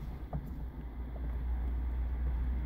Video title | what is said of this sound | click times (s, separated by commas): How to manually lock a fully electric BMW e46 convertible roof emergency close open procedure | okay there we go roof is fully locked now | 0.3 s